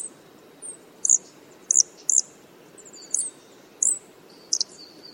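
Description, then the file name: Blue flycatcher alarm notes: several separate sharp, high chips, plus faint thin trills, over light hiss. "suara alarm panggilan cikrakperi biru omkicau"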